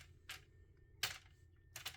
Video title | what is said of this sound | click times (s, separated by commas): Laptop Screen Replacement MSI Delta 15 A5EFK | you can hear it snap all the way around | 1.0 s, 1.8 s